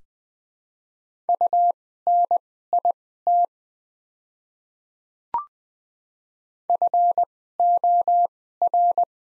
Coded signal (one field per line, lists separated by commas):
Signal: Morse code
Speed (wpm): 20 wpm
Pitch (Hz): 700 Hz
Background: none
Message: UNIT FOR